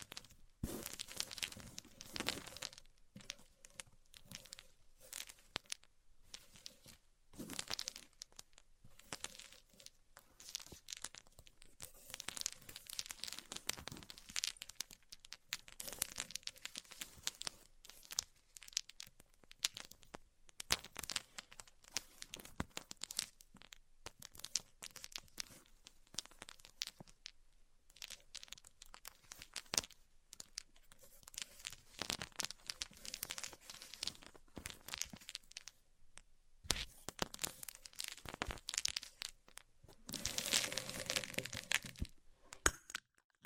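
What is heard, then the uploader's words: A band-aid is ripped off and handled in a long run of short tearing and crinkling bursts, irregular and frequent, with brief silent gaps between them. The sounds are bright and papery, and a denser, louder stretch of rustling comes near the end, around forty seconds. ASMR Ripping Off the Band Aid (No Talking).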